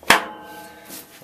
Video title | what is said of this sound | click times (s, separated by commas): Jet DC-1100VX-BK Dust Collector Assembly | snap into place | 0.1 s